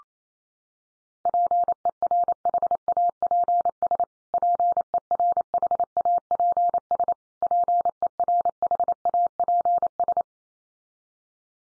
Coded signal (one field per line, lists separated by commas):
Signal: Morse code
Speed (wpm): 28 wpm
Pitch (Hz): 700 Hz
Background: none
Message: PERHAPS PERHAPS PERHAPS